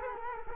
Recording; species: mosquito wingbeat signal from an infrared sensor; Culex quinquefasciatus